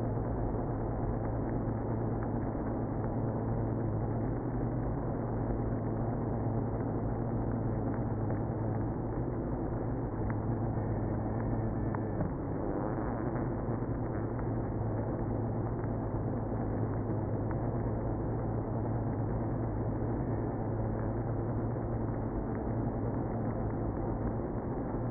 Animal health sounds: honeybee colony, microphone inside the hive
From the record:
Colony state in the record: queenless (queen removed); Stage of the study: after two queens were removed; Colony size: about 60,000 bees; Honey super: yes

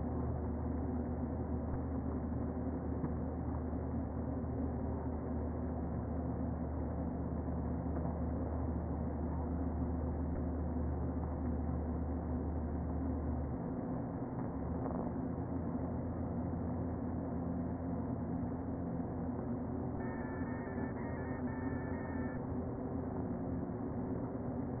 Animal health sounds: honeybee colony, microphone inside the hive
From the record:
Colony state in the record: queen present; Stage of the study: before two queens were removed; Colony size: about 60,000 bees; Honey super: yes

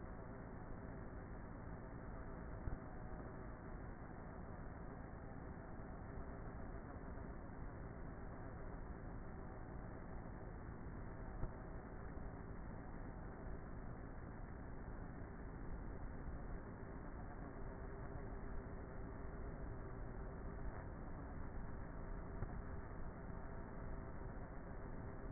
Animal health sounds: honeybee colony, microphone inside the hive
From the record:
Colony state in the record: queenless with a low population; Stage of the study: before two queens were removed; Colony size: about 30,000 bees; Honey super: no

